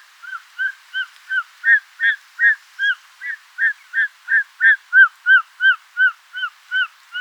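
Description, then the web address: Short-toed snake eagle giving a long series of short whistled notes, about three per second, evenly paced. "circaetus gallicus call"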